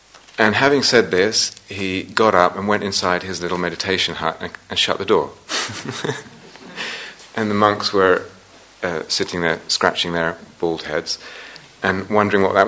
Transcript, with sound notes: And having said this, he got up and went inside his little meditation hut and shut the door. [laughs] And the monks were sitting there, scratching their bald heads, and wondering what that was about.